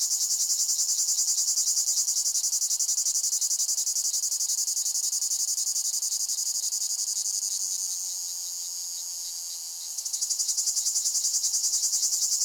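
Cicada (Lyristes): cicada song: a sustained shrill buzz with fast regular pulsing, dipping softer and smoother around eight to ten seconds before the strong pulsed rhythm returns.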